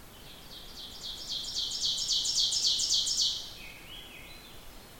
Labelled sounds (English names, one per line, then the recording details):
Ovenbird song
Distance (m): 20 m
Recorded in boreal forest in Alberta, Canada, on 14 June 2016 at 06:27
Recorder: SongMeter 3, array SBT-3-33
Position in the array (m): 128 m, 36 m
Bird 21